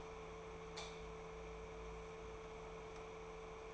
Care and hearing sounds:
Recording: daily activity, microphone in the room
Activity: light on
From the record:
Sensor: 1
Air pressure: 1014.7 hPa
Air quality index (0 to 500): 185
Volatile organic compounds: 18 ppm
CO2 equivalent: 2624 ppm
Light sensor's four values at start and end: 36/89/38/46 and 39/103/43/51

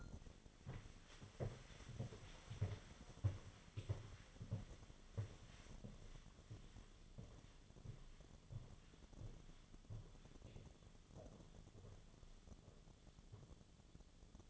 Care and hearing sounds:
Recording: daily activity, microphone in the room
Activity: walk to room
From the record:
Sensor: 4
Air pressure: 1010.9 hPa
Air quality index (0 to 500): 161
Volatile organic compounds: 4 ppm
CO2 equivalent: 1645 ppm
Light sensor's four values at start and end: 42/120/49/50 and 45/127/51/53

